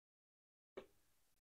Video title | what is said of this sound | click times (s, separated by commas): [TUTO] Remplacer la batterie du Galaxy S9 : Guide COMPLET pour les NULS ! | Ici, c'est clipsé. | 0.8 s